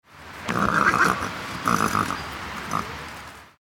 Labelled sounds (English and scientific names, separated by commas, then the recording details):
Horse (Equus caballus)
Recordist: Tembrock, Günter
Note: Stute: Wiehern